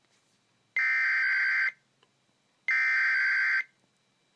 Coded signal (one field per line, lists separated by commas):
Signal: Emergency Alert System (SAME) tones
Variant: header bursts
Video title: EAS 161 DENVER CO SNOW SQUAL WARNING